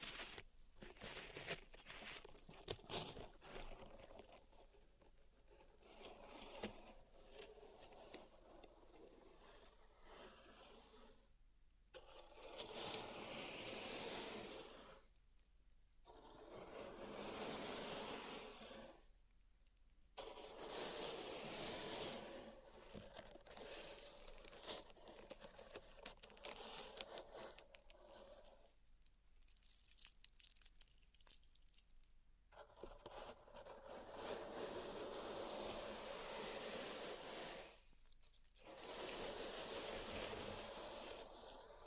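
Pink salt in a zen garden being raked and stirred, with bright, hissing scrapes that come in sweeps of a few seconds each, separated by short quiet gaps. Between the sweeps come scattered small clicks and taps of grains and tools.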